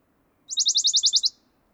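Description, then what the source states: Western Bonelli's warbler giving a brief rattling trill, roughly nine quick high notes on one pitch, even in rhythm, against a quiet background. Song; recorded by Fernand Deroussen.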